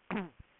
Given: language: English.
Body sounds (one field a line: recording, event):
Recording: throat vibration sensor signal played as sound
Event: throat clearing